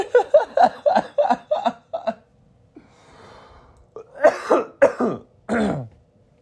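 A run of about eight quick, voiced laugh pulses fades out. After a soft breath in, three or four harsh, forceful cough bursts follow, the last one longer. This is laughter that breaks into a short bout of coughing in a 25-year-old man.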